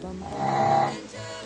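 One drawn-out, buzzing, pitched breath sound swells for about half a second, then fades into softer noisy breathing. The nasal, almost bleat-like tone is loud snoring from a sleeping pug, a flat-faced dog that snores often and loudly.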